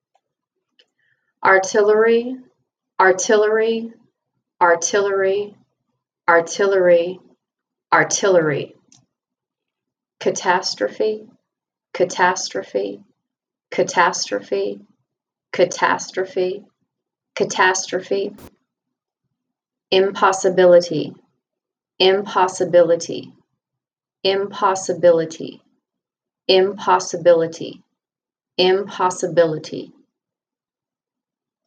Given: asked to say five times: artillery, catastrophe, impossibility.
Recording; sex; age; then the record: three words, each repeated; female; 50 to 59 years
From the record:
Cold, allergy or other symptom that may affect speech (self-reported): no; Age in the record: 53 years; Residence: Texas, United States